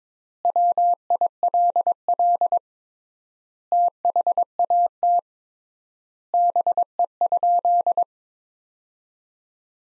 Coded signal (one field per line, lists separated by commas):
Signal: Morse code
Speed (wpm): 22 wpm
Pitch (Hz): 700 Hz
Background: none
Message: WILL THAT BE?